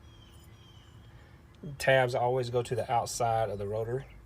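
A rear brake pad for a Toyota 4Runner is handled so its metal tabs go toward the outside of the rotor in the caliper bracket. After about 1.6 seconds of quiet background, someone talks until near the end of the clip. Nothing has seated or clicked into place yet.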